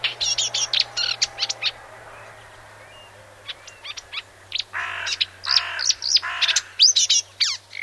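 Icterine warbler song with rapid high clicks and whistles broken by harsh, grating chatter notes, all delivered in an uneven, varied stream.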